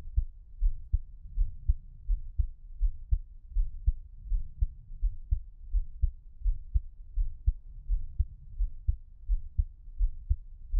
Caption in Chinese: ASMR×黑3Dio | 獻上我的心跳 | Give my Heartbeat | NO Talking。